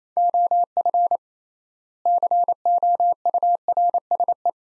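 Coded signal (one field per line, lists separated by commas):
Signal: Morse code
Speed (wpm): 28 wpm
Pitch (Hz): 700 Hz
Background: none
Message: OF COURSE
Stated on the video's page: Sentence practice from top 500 words at 28 wpm with 3x standard word spacing, a Farnsworth-like method using words instead of characters.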